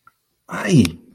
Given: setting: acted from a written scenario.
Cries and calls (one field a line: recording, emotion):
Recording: vocal sound without words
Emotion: negative surprise